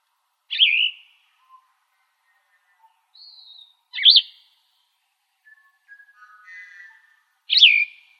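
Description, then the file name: Plumbeous vireo giving short, burry, slurred phrases, three loud ones spaced about three and a half seconds apart, with faint thin notes between them. "PLVI 9 deviche"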